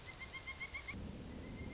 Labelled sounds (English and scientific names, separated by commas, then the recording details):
Pileated Woodpecker (Dryocopus pileatus)
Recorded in Sonoma County, California